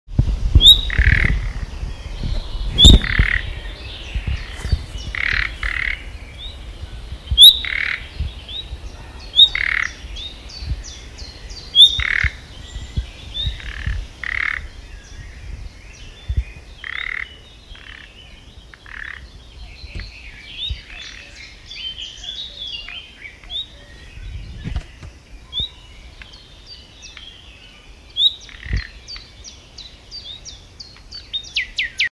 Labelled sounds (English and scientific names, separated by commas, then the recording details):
Common Nightingale (Luscinia megarhynchos) alarm call, Common Chiffchaff (Phylloscopus collybita), Common Cuckoo (Cuculus canorus), Eurasian Blackcap (Sylvia atricapilla)
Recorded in the wild
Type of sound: alarm call
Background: Phylloscopus collybita, Cuculus canorus, Sylvia atricapilla
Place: Schönow, Naturpark Barnim, Brandenburg, DE
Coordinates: 52.6781, 13.5097
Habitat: reed
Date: 2005-06-05
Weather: cloudy, 10°C
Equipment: Marantz PMD 660, Sennheiser MKH 70
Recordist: Frommolt, Karl-Heinz
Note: Feuchtgebiet im Südwesten des Naturschutzgebietes Schönower Heide: zwei Formen von Warnrufen. Im Hintergrund Zilpzalp, Kuckuck und Mönchsgrasmücke. Aufnahme zum Teil sehr gut